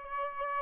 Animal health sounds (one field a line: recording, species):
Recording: mosquito wingbeat signal from an infrared sensor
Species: Aedes albopictus